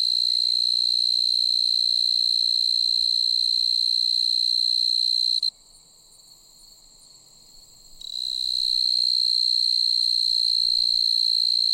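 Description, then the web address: Fast-calling tree cricket trilling, a steady high continuous buzz that stops for about two and a half seconds midway, then resumes unchanged. "The Songs of Insects. Fast-calling Tree Cricket"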